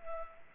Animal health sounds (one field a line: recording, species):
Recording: mosquito wingbeat signal from an infrared sensor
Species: Culex pipiens